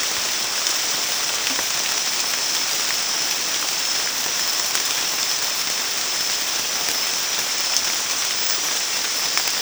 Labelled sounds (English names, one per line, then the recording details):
none
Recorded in dense forest near Puerto Asís, Putumayo, Colombia, on 19 March 2025 at 23:30
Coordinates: 0.503, -76.323
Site GP09